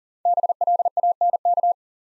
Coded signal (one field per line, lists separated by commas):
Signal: Morse code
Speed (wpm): 40 wpm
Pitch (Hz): 700 Hz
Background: none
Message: BLANK